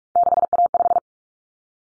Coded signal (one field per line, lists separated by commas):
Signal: Morse code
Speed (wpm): 44 wpm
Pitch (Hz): 700 Hz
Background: none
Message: 6A5